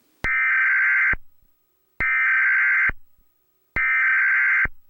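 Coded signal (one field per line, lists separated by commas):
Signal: Emergency Alert System (SAME) tones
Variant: header bursts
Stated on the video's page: Fictional EAS scenario, simulated.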